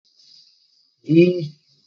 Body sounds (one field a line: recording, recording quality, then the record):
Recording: sustained vowel as in beet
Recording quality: poor, much background noise or distortion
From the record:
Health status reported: COVID-19 positive, mild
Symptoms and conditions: cough, cold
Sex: male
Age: 38 years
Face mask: not worn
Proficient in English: yes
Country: India